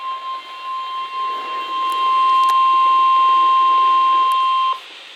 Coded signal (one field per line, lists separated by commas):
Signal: Emergency Alert System (SAME) tones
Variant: 1050 Hz attention tone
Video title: PDS TORNADO WARNING (EAS #918-920)